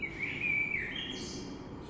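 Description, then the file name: Common blackbird delivering a single clear whistled phrase that slides into a scratchy high twitter. Recorded 3 March 2020. "Rush Merle"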